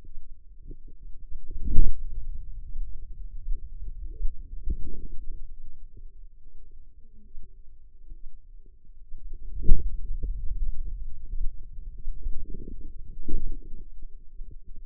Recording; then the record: forearm muscle sounds (acoustic myography)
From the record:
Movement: hand closing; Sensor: system 2, bracelet of six BSWA MPA416 microphones around the upper forearm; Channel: 2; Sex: female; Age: 25 years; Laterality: right